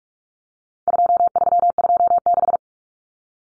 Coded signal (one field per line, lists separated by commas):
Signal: Morse code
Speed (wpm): 44 wpm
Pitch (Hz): 700 Hz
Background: none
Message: 2326